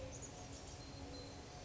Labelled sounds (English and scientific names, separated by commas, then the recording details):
Song Sparrow (Melospiza melodia)
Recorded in Sonoma County, California